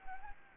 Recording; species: mosquito wingbeat signal from an infrared sensor; Anopheles arabiensis